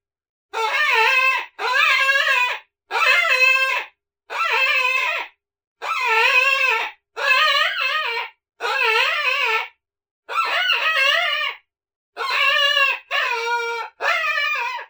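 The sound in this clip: Coyote pups giving a steady series of warbling, tremulous whines, each roughly one second long, with short pauses between them.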